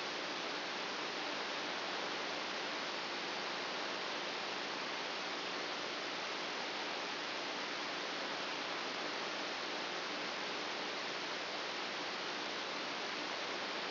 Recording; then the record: brain microelectrode recording played as sound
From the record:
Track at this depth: outside the subthalamic nucleus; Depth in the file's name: 5.002 mm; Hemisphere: right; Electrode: 2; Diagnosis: Parkinson's disease